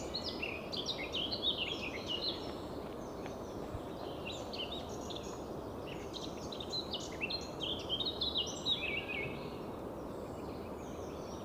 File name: Sylvia atricapilla